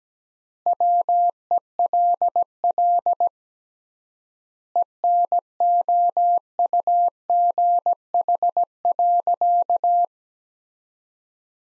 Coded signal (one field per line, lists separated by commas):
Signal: Morse code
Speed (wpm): 17 wpm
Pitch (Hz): 700 Hz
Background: none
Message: WELL ENOUGH.